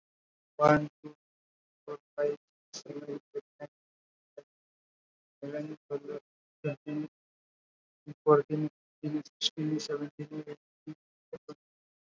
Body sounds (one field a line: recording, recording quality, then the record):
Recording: counting at a normal pace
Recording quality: excellent, no background noise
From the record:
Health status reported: COVID-19 positive, moderate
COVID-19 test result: positive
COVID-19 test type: RT-PCR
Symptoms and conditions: cough, cold, fever, fatigue, muscle pain, loss of smell and taste, diarrhoea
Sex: male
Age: 25 years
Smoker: no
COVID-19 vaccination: both doses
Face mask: worn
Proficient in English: yes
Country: India